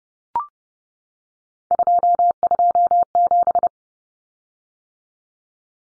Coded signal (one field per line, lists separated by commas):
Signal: Morse code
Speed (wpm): 30 wpm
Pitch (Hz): 700 Hz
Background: none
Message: 227